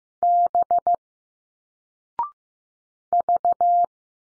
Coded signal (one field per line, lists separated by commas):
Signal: Morse code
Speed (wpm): 15 wpm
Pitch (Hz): 700 Hz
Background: none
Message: B V